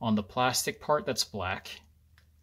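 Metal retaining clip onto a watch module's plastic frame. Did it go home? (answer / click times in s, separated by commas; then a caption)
yes / 2.2 s. During reassembly of a Casio CA-53WF-3BCF digital watch being converted from a negative to a positive display, someone talks while gently pushing down on the module's black plastic part so the metal retaining clips removed earlier snap back onto its plastic frame. A short, faint click is heard at 2.2 s, and the clip seats in place.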